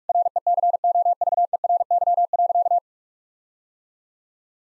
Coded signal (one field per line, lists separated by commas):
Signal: Morse code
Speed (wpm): 44 wpm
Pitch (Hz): 700 Hz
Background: none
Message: RECOVERY.